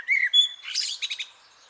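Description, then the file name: Eurasian blackbird song: a short fluty note, a higher thin whistle, then a burst of squeaky twittering. "Turdus merula"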